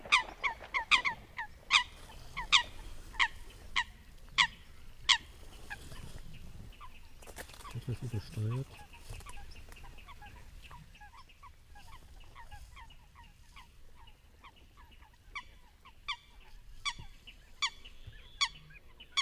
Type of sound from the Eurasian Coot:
call